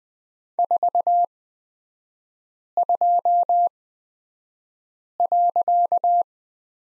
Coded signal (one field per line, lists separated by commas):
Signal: Morse code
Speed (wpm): 20 wpm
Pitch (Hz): 700 Hz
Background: none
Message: 42.